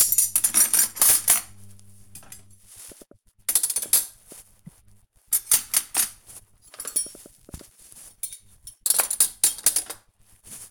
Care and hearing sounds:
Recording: household activities, microphone on the right wrist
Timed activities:
0.00-10.71 s: cleaning out the dishwasher

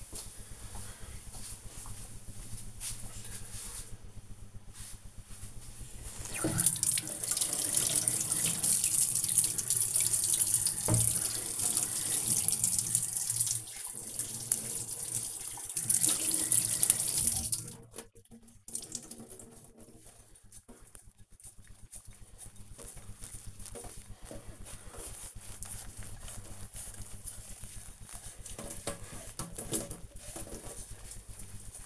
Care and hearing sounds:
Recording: household activities, microphone on the right wrist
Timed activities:
5.25-31.85 s: washing dishes

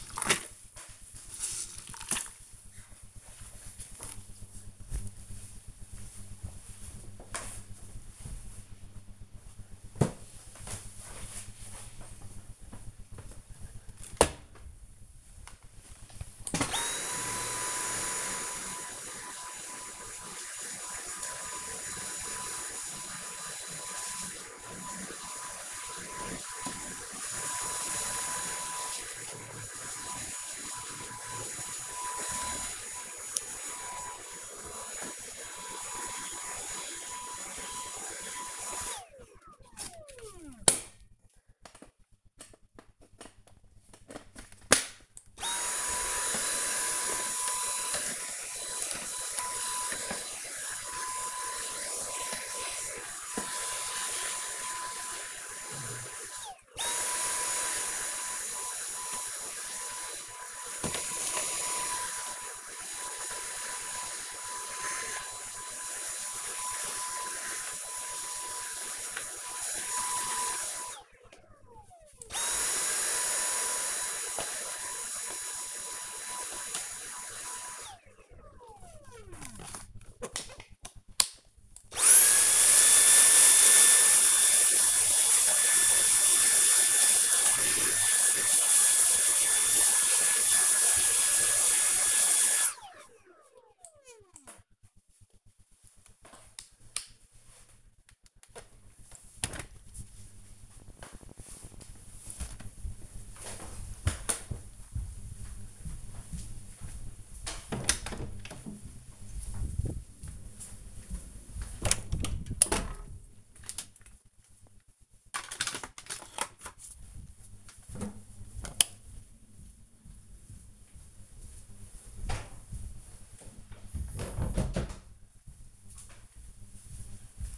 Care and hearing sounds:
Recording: household activities, microphone on the right wrist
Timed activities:
0.00-2.84 s: floor cleaning
13.88-98.23 s: vacuum cleaning

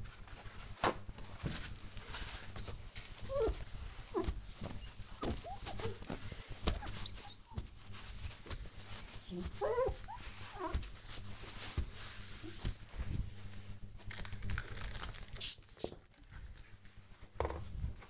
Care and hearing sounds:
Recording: household activities, microphone on the right wrist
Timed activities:
0.00-18.10 s: window cleaning

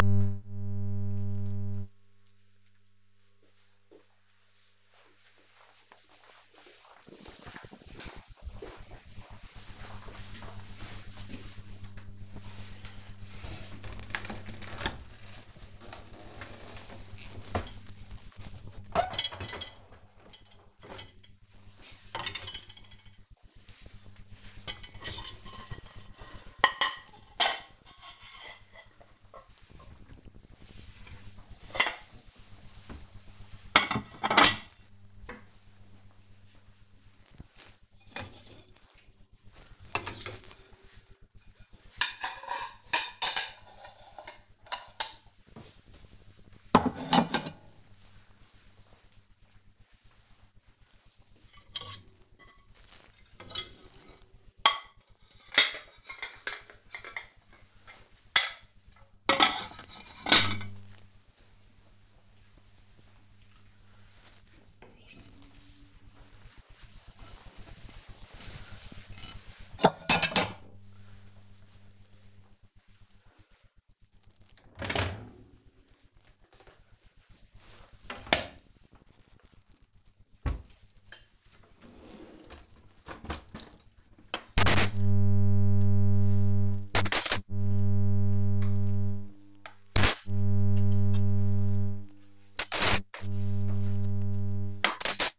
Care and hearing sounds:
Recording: household activities, microphone on the right wrist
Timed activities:
11.01-95.39 s: cleaning out the dishwasher

